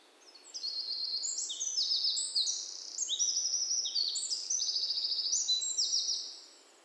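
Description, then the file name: Eurasian wren delivering one full song of about six seconds, made of high twittering phrases and fast rattling trills, with quiet hiss before and after. "Troglodytes troglodytes"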